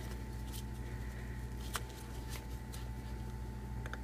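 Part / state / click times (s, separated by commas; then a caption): electrical connector onto engine MAP sensor / not seated / none. A brittle plastic electrical connector is pushed back onto the MAP sensor of a Mercedes M112/M113 engine in a W163 ML500. Over a steady low hum, faint handling rustles and a few brief light ticks are heard near 1.8 s and 3.9 s. The connector has not snapped or clicked into place yet, because it has gone brittle.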